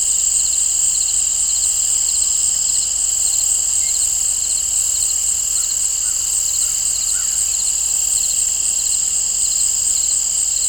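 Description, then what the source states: Crickets keep up a continuous shrill chorus with rapid pulsed chirps layered over a constant high hiss. Crickets in an open field, nature ambience.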